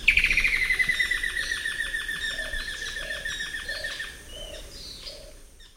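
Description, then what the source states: Straight-billed woodcreeper giving a fast run of sharp notes that falls in pitch, while soft low hoots begin repeating partway through. South America, eastern lowlands.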